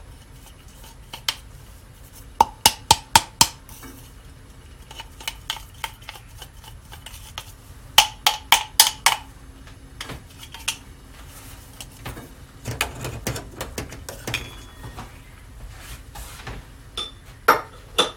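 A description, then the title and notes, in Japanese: Guatemalan SHB coffee beans roasting, with sharp, bright cracks popping in irregular bursts: a quick cluster near 2.5–3.5 seconds, another around 8–9 seconds, and scattered smaller pops after that. A steady low rumble runs underneath throughout. 今朝は”グアテマラSHB”を焙煎。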